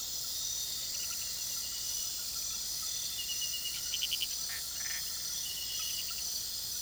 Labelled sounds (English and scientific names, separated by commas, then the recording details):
none
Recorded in pastures near Puerto Asís, Putumayo, Colombia, on 19 February 2024 at 03:30
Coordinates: 0.466, -76.323
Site G6384